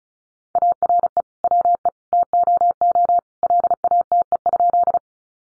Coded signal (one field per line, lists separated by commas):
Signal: Morse code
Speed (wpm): 34 wpm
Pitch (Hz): 700 Hz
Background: none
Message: ARE WE TOO LATE?